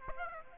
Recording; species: mosquito wingbeat signal from an infrared sensor; Aedes aegypti